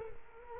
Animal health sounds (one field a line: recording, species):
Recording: mosquito wingbeat signal from an infrared sensor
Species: Culex quinquefasciatus